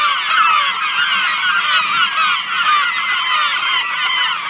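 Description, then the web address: Unbroken wall of gull cries, countless shrill overlapping calls blending into a constant, even clamour. "seagulls"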